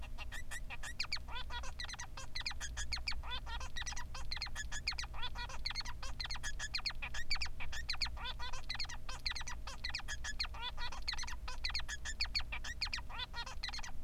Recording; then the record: song of a male Bengalese finch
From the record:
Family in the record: son of father 3